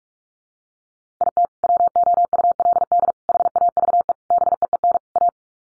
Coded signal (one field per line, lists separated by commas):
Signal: Morse code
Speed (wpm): 44 wpm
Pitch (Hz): 700 Hz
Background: none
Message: IT WOULD HAVE BEEN A